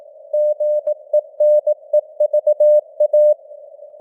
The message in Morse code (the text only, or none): GENEVA